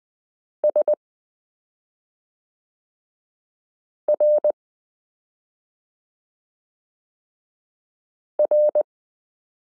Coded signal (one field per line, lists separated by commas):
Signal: Morse code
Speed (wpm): 20 wpm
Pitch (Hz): 600 Hz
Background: none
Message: SRR